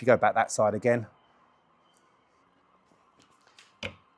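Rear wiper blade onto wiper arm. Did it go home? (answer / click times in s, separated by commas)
yes / 3.9 s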